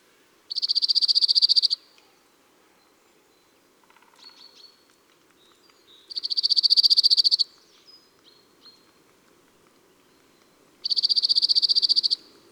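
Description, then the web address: Cirl bunting singing three dry, even trills of rapid identical high notes, each just over a second long and several seconds apart, with faint soft calls between. Song recorded in April. "Avril Le Bruant zizi. album les-4-saisons-des-chants-doiseaux"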